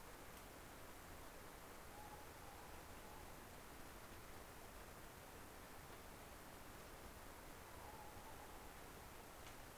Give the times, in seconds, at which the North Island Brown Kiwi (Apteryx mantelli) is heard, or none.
none